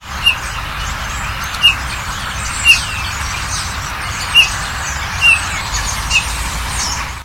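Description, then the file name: Eurasian bullfinch calls, six short soft piping notes spaced roughly a second apart, set against a constant broad rushing noise. "gimpel"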